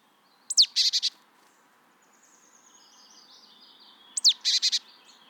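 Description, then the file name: Marsh tit calls twice: a sharp explosive note then a quick buzzy chatter of three units, separated by a few quiet seconds. "Poecile palustris"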